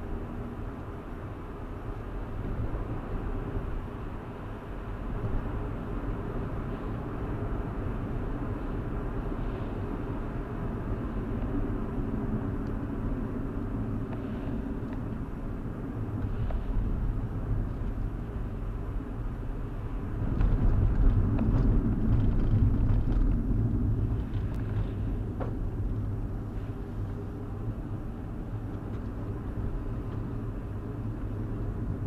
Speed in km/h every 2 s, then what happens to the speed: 69, 71, 71, 68, 68, 66, 55, 48, 53, 56, 53, 40, 35, 42, 45, 42.
4-13 slows to 48. 19-23 brakes to 35.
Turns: none.